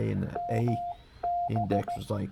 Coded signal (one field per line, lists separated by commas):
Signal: Morse code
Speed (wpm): 15 wpm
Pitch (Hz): 700 Hz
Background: speech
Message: MB